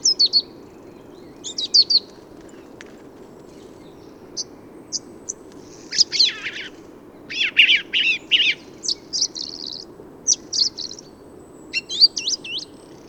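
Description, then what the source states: Song thrush singing short high whistled phrases and denser scratchy bursts, some notes doubled, spaced by brief silences over soft background hiss. Autumn improvised song, 15 November 2020, Forêt de Valdrôme, France; thrushes staying in forest thanks to heavy whitebeam and rowan fruiting; recorded with Nagra Seven and Telinga parabola.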